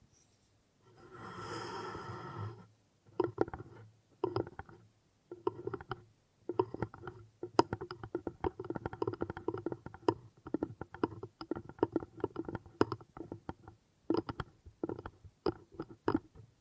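Wooden triggers: a steady rough rubbing or scraping runs for about two seconds near the start. Then come irregular bursts of quick, dry taps and clicks on wood, clustered in short flurries with brief pauses, continuing busily to the end.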